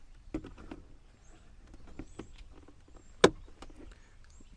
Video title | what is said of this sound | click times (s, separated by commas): FORD TRUCK - how to change cabin air filter. | hear that click | 3.2 s